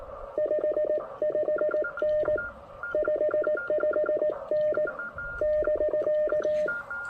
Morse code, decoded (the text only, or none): 55N 55N <BK>